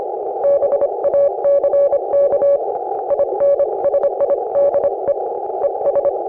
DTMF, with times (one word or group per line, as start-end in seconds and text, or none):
none